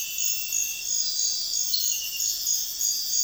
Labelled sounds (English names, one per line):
none